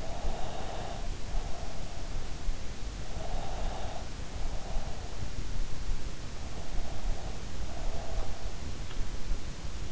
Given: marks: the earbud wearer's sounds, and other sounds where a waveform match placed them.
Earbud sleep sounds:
sounds in sleep by an in-ear microphone; breath
0.00-1.83 s: breath
3.03-5.09 s: breath
6.74-8.40 s: breath

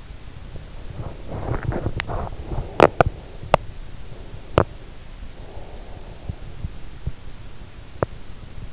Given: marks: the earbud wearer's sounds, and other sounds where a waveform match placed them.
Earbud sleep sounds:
sounds in sleep by an in-ear microphone; teeth grinding, breath
1.22-4.72 s: teeth grinding
5.27-6.23 s: breath
6.23-8.20 s: teeth grinding

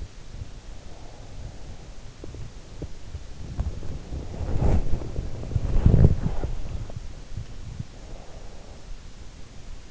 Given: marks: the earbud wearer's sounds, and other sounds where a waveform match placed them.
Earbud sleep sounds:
sounds in sleep by an in-ear microphone; body movement, breath
0.00-8.90 s: body movement
0.26-2.86 s: breath

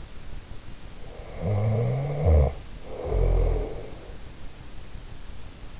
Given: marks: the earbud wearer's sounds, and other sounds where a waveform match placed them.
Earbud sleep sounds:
sounds in sleep by an in-ear microphone; snoring breath
1.14-4.05 s: snoring breath

